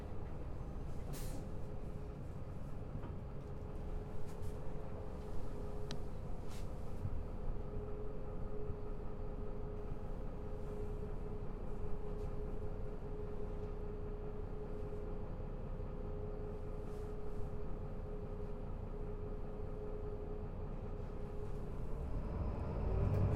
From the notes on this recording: Bus #105